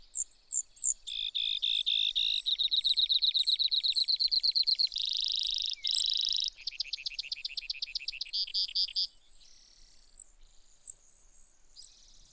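Brewer's sparrow song: a long, steady pulsed trill, a harsh buzz, then another trill at a new pitch before the song fades into soft notes.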